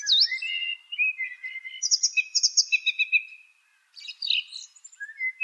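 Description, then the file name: Song thrush song with a high swooping note, a string of quick repeated high chips, then a busy tangle of mixed notes after a short pause. "suara-kicauan-burung-song-thrush -omkicau"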